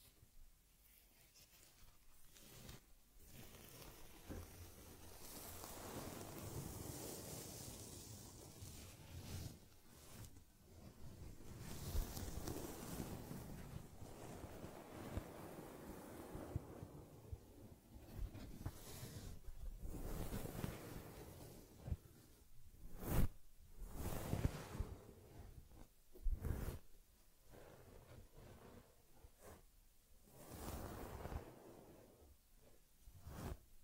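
A teddy bear gets a head massage, cleaning and fur combing, heard as soft rushing rubs and brushing strokes that swell and fade unevenly, broken by brief pauses. From about 23 seconds, sharper scratchy taps and quick strokes stand out, recurring toward the end.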